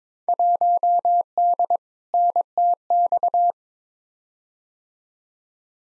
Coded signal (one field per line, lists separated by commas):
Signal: Morse code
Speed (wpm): 22 wpm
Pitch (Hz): 700 Hz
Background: none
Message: 1D NTX